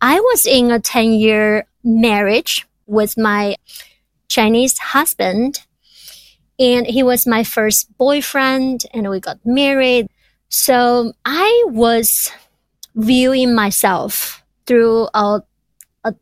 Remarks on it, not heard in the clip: I feel wrong to be a person who stutters.